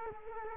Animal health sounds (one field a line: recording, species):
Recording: mosquito wingbeat signal from an infrared sensor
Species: Culex quinquefasciatus